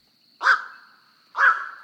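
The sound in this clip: Black-crowned Night Heron calls: two short, harsh, barking squawks about a second apart.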